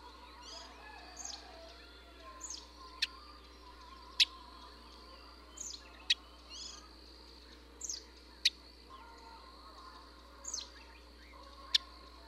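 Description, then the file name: Russet sparrow chirping with brief, bright notes at irregular intervals, some softer notes between them, over a faint background hum. "山麻雀"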